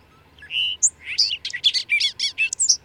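Bird song: a steady whistle leads into a fast, tumbling run of high chirps and twittered notes, all in one continuous phrase.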